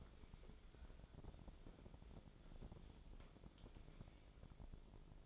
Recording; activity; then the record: daily activity, microphone in the room; wipe stove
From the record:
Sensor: 5